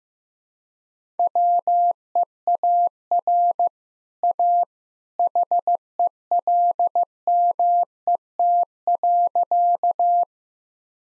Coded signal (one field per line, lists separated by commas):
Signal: Morse code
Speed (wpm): 15 wpm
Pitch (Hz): 700 Hz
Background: none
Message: WEAR A HELMET.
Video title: Easy Sentences with Hints - 15wpm